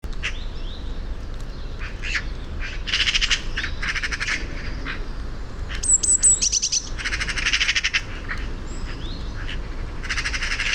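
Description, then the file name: Eurasian magpie making several bursts of grating, machine-gun-like rattling chatter, with a couple of short squeaky notes between bursts and steady background noise throughout. "Pica pica"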